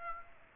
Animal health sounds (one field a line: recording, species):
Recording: mosquito wingbeat signal from an infrared sensor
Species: Aedes aegypti